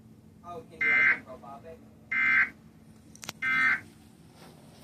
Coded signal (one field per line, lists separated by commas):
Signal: Emergency Alert System (SAME) tones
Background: speech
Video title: EAS 357-362